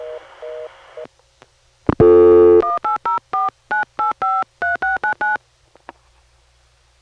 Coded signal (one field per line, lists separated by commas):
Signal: DTMF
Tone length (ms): 150 ms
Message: 18049853699